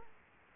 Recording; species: mosquito wingbeat signal from an infrared sensor; Aedes aegypti